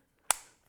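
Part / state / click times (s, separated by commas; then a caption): chuck attachment onto multi-head drill driver / seated / 0.3 s. A keyed chuck attachment is pushed onto the head of a compact multi-head drill driver with a plastic and metal housing. It snaps on with one sharp, bright click at 0.3 s, followed by a short ringing decay. The chuck is seated and locks in place by itself.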